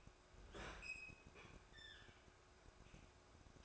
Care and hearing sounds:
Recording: daily activity, microphone in the room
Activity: open fridge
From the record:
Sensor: 2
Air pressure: 1004.5 hPa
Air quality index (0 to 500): 184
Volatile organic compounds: 10 ppm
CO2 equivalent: 2208 ppm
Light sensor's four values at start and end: 4/11/4/4 and 4/11/4/4

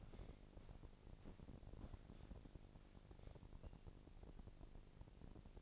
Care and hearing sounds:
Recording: daily activity, microphone in the room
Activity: walk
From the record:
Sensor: 5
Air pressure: 1012.3 hPa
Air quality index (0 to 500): 158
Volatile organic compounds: 2 ppm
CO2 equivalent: 1083 ppm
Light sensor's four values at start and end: 342/825/352/392 and 345/833/355/398

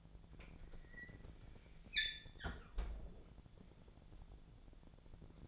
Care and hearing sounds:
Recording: daily activity, microphone in the room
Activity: close fridge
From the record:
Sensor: 5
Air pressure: 1000.2 hPa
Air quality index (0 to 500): 102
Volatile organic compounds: 1 ppm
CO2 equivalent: 826 ppm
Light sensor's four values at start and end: 240/570/243/267 and 237/563/240/263

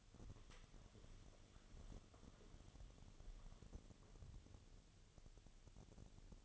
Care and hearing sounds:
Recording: daily activity, microphone in the room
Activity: walk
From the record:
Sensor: 4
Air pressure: 1016.2 hPa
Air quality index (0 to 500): 162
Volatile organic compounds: 6 ppm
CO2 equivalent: 1844 ppm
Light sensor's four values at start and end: 9/20/8/7 and 9/20/8/7

